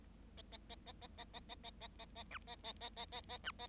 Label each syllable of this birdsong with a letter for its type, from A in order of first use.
A A A A A A A A A A A A B A A A A A A B A